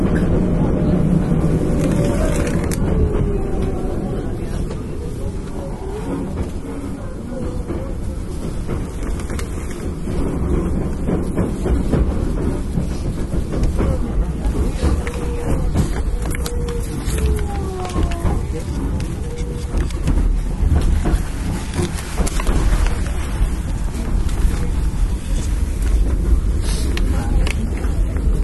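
An express train runs on the Kyoto Line with a steady, heavy low rumble that holds for the whole stretch. Faint rising and falling tones drift through the roar, and short clicks and rattles from the track break in now and then.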